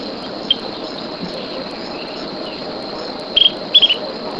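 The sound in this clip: Bird calls: a single short high chirp, then two quick clusters of sharp high chirps near the end, over a steady, buzzing insect hum.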